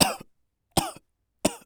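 Three short, harsh, separate cough bursts from an adult man, acted as a sound effect of a slowly dying cough.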